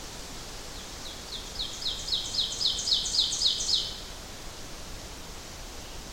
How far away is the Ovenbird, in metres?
about 25 m